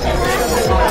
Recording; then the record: background sound without coughing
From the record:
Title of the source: Nightlife Party Simulating Party Club Noise 1 Hour